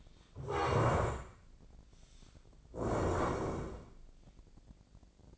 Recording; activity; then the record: daily activity, microphone in the room; stand up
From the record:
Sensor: 5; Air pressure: 1012.4 hPa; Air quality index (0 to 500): 152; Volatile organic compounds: 2 ppm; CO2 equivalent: 1046 ppm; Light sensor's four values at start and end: 266/638/271/299 and 265/635/270/298